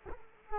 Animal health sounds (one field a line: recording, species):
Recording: mosquito wingbeat signal from an infrared sensor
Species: Culex quinquefasciatus